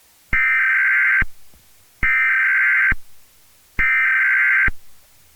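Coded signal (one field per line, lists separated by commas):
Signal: Emergency Alert System (SAME) tones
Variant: header bursts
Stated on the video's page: Fictional EAS scenario, not a real alert.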